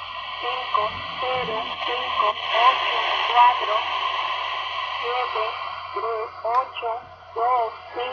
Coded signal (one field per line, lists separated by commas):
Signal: numbers station